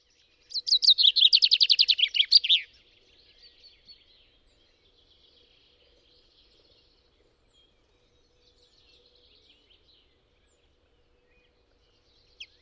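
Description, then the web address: Common chaffinch song: one bright, fast trill of about two seconds, dropping in pitch and closing with a quick flourish, then faint scattered high notes and a final sharp chip. "Deverinetal 2025"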